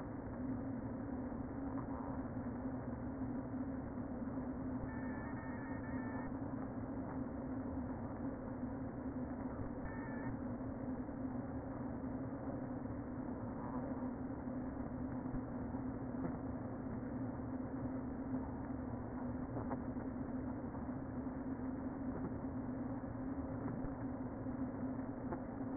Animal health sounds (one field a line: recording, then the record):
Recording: honeybee colony, microphone inside the hive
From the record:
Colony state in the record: queen present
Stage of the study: before two queens were removed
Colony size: about 60,000 bees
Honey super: yes